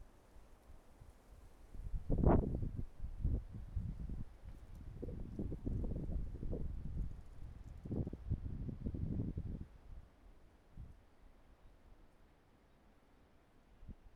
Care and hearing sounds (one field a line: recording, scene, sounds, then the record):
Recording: everyday scene through a hearing-aid microphone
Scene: wind on the microphone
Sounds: wind, traffic, birds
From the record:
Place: suburban garden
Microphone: behind the ear, right, rear